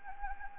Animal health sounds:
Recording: mosquito wingbeat signal from an infrared sensor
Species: Anopheles gambiae

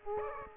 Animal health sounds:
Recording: mosquito wingbeat signal from an infrared sensor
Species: Aedes aegypti

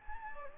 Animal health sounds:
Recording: mosquito wingbeat signal from an infrared sensor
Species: Anopheles gambiae

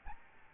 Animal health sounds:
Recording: mosquito wingbeat signal from an infrared sensor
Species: Aedes albopictus

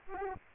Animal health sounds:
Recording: mosquito wingbeat signal from an infrared sensor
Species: Aedes albopictus

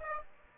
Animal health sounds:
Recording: mosquito wingbeat signal from an infrared sensor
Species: Aedes aegypti

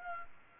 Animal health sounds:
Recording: mosquito wingbeat signal from an infrared sensor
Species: Culex pipiens

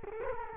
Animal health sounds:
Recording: mosquito wingbeat signal from an infrared sensor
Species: Culex quinquefasciatus

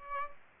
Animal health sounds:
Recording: mosquito wingbeat signal from an infrared sensor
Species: Aedes aegypti

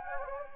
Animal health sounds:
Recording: mosquito wingbeat signal from an infrared sensor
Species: Anopheles gambiae

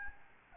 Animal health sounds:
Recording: mosquito wingbeat signal from an infrared sensor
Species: Aedes albopictus

